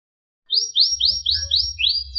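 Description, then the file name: Canary delivering a series of quick upslurred whistles in steady rhythm, then a couple of lower rising phrases, with a soft low rumble underneath. Sekar Jagad variety canary. "audio-kenari-sekar-jagad- omkicau"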